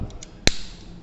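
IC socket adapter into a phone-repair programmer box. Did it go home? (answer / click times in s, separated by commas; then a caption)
yes / 0.5 s. An eMMC/UFS IC socket adapter is aligned with the two silver magnets on a phone-repair programmer box socket and pushed in until it locks. Two faint ticks come at 0.1 s and 0.2 s, then a sharp, loud tick at 0.5 s as the adapter locks into place.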